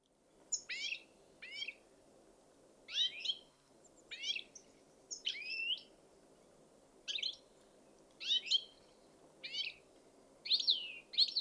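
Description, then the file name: European goldfinch repeating short, bouncy calls every second or two, clear and high against a quiet background. "Carduelis carduelis"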